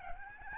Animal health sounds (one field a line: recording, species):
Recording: mosquito wingbeat signal from an infrared sensor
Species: Aedes albopictus